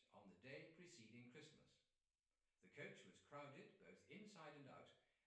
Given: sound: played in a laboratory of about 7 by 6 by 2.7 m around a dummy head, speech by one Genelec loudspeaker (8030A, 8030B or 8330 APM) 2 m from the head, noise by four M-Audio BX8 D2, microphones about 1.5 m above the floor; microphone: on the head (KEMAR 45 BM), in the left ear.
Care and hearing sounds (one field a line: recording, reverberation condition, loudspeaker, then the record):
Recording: male speech in English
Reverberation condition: medium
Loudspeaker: 90 degrees to the right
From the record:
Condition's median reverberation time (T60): about 510 ms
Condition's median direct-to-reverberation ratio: about -0.5 dB